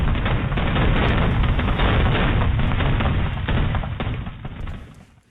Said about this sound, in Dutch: Maar helaas, zoals bijna elk jaar, ging het ook aardig vaak mis. In het Groningse Midwolda ontplofte illegaal vuurwerk.